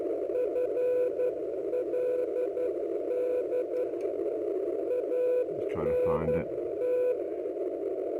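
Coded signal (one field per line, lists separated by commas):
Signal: Morse code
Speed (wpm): 11 wpm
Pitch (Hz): 500 Hz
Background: speech, radio noise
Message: FLD ANT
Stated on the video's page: 40 metre signal used to test the far-field pattern of an experimental small E-field beam antenna.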